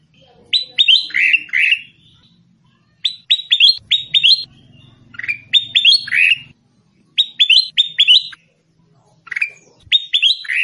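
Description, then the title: Sooty-headed bulbul giving five bubbly phrases of rapid falling chirps, separated by pauses. "Suara Burung Kutilang"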